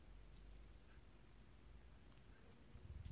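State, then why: Not seated. The end of a mesh watch band is being slid toward the slot in an Apple Watch case, heard as faint, quiet handling scrapes with a soft tick around 1.4 s and some louder low fumbling near the end. Nothing has seated or clicked yet.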